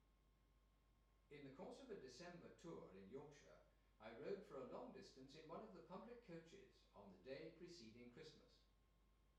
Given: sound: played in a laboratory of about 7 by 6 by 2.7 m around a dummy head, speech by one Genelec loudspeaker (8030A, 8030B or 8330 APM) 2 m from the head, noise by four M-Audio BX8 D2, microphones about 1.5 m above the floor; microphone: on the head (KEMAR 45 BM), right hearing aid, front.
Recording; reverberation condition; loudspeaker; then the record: male speech in English; medium; 120 degrees to the left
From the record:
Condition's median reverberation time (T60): about 510 ms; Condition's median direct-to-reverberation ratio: about -0.5 dB